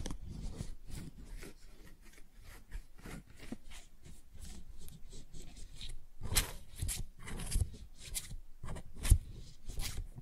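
Flower sounds made of dense, irregular rubbing and crinkly rasping strokes, steady throughout with sharper scratchy bursts after six seconds.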